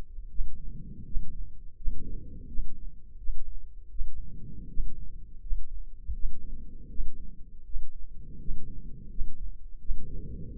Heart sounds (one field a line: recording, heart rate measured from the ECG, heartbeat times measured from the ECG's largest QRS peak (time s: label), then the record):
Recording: heart sounds by microphone in the left ear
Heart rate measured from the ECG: 82 bpm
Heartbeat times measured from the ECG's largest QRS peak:
0.29 s: heartbeat
1.05 s: heartbeat
1.76 s: heartbeat
2.47 s: heartbeat
3.18 s: heartbeat
3.89 s: heartbeat
4.68 s: heartbeat
5.41 s: heartbeat
6.13 s: heartbeat
6.89 s: heartbeat
7.64 s: heartbeat
8.39 s: heartbeat
9.09 s: heartbeat
9.79 s: heartbeat
10.49 s: heartbeat
From the record:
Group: healthy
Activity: rest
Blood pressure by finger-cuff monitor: 119/59 mmHg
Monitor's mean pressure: 77 mmHg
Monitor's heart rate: 82 bpm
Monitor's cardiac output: 9.5 L/min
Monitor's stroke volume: 115 mL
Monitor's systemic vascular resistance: 590 dyn s/cm5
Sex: male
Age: 24 years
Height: 184 cm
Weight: 89 kg